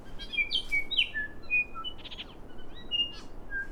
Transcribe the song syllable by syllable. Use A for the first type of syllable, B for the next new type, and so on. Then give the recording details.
A A B C D E F G H A A I J K. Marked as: Stutter(decurved), Nailpolish, Down(notched), Pipe(C#[7]+), Down(CUV1), Pipe(G#[6]+), Stutter_Pipe(D[7]+), Stepup(CUV1), Alarmy(twobitCUV+beware), Pipe(F[7]+), Pipe(G[6]+). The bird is a female. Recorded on Cuvier Island, New Zealand, on 4 November 2016. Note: StutterTypCuvBackgrKK